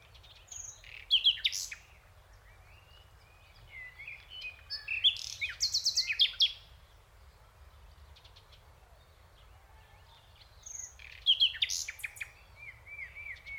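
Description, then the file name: Common nightingale song phrases separated by pauses: sharp high whistles, a fast repeated chattering run, then silence and a final burst of varied notes. "Luscinia megarhynchos"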